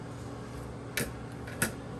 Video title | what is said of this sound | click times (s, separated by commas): Replace your toilet | you should put it on until it clicks and you're good to go do | 1.0 s, 1.6 s